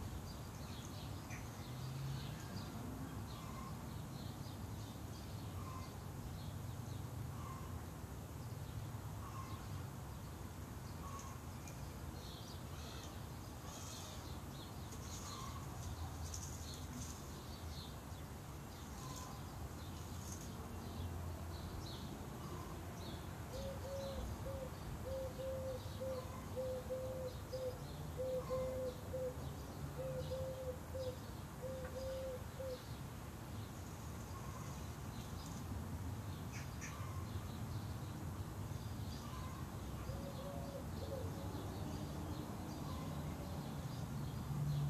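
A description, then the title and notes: A garden in the city, with a steady low rumble of traffic filling the background throughout. Birds call now and then, including a run of soft, even cooing notes around the middle and short chirps scattered across the recording. City sounds and all around recording from my garden.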